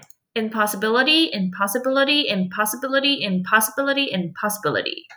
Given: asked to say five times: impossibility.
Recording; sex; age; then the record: repeated word; female; 30 to 39 years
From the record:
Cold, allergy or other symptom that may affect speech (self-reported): no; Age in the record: 34 years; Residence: Virginia, United States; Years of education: 15